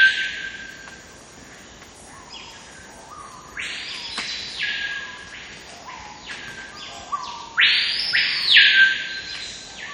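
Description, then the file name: Screaming piha whistles: scattered sweeping notes building to a loud burst near the end, over a steady high-pitched insect drone. Singing and whistling. "Lipaugus vociferans singing and whistling"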